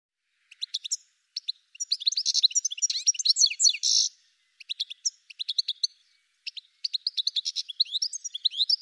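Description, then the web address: Bird chirping calls, high bright notes in quick bursts, with a dense tumbling run of twitters in the middle and short pauses between groups. "cianscape birddata Deverinetal 2025 File cleaned normalized Bird"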